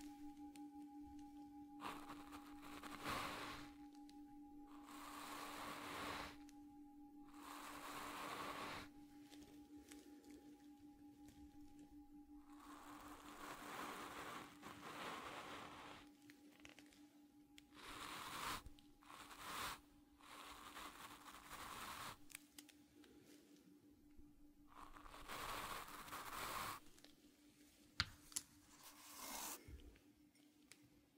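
A Tibetan singing bowl holds a steady low hum throughout, with a fainter higher ring that comes and goes. Over it, brushing, foam and burlap strokes sweep across the ears in soft hissing bursts every second or two, and a sharp tap lands near the end.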